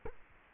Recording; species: mosquito wingbeat signal from an infrared sensor; Culex quinquefasciatus